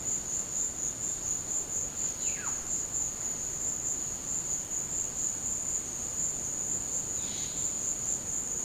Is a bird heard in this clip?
yes